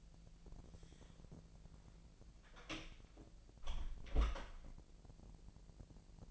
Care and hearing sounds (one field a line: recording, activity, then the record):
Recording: daily activity, microphone in the room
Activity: close door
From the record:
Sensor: 5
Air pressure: 1001.5 hPa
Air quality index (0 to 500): 250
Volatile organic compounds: 35 ppm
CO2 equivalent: 3059 ppm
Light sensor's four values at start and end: 37/87/35/34 and 38/87/35/34